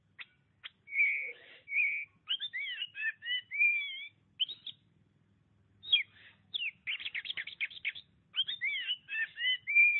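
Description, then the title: Oriental magpie-robin song: varied whistled phrases with sweeping slurred notes and fast chattering bursts, broken by a short pause near the middle. "Suara Kicauan Burung Kacer Durasi Panjang"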